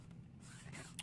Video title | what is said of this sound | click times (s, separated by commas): Google Glass Unboxing | pops right into place and then boom there you go sunglasses on the go | 1.0 s